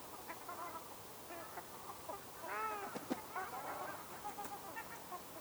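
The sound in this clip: Ruddy shelduck giving a few faint nasal honks, one clearer arched call midway, over steady background noise.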